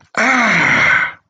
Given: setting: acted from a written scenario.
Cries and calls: vocal sound without words; pain

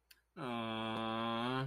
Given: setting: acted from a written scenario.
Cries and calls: vocal sound without words; adoration

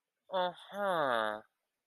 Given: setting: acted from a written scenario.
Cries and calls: vocal sound without words; confusion

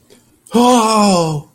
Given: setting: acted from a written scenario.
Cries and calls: vocal sound without words; elation

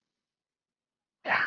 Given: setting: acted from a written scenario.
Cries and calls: vocal sound without words; elation

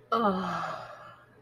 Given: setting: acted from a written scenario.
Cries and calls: vocal sound without words; contentment

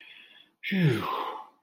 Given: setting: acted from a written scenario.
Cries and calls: vocal sound without words; relief

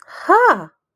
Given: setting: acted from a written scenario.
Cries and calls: vocal sound without words; realization

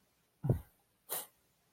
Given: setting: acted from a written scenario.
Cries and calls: vocal sound without words; sadness

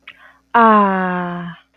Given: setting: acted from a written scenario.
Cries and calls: vocal sound without words; desire

